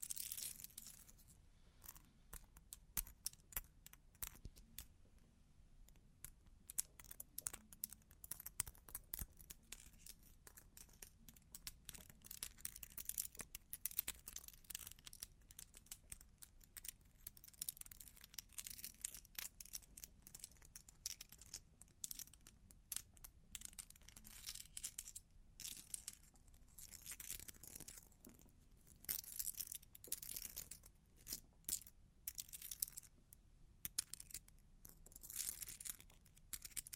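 Long claws tap and scratch, producing rapid, irregular clicks and crisp scraping strokes that run without pause for the whole stretch. The sounds are bright and sharp, with dense bursts clustering around the middle and near the end.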